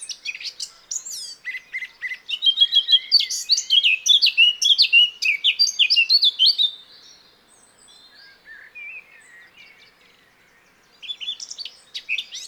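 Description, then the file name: Eurasian blackcap song: soft chatter building into a loud, rich warble for several seconds, then quiet subdued twitters before another brief burst. "Sylvia atricapilla"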